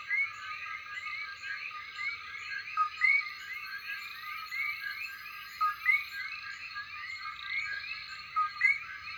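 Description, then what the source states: Common coqui frogs calling together, crisp two-note chirps every few seconds, a low note then a rising higher one, standing out above a continuous shimmering chorus. Night chorus.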